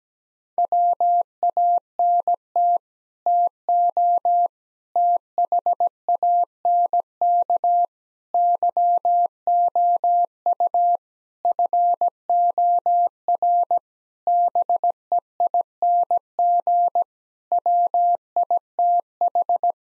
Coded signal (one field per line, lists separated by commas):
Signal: Morse code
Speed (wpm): 17 wpm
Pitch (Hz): 700 Hz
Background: none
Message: WANT TO THANK YOU FOR BEING WITH